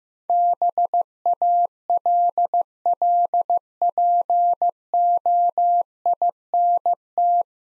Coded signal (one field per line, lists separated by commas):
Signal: Morse code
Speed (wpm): 15 wpm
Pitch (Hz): 700 Hz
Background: none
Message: BALLPOINT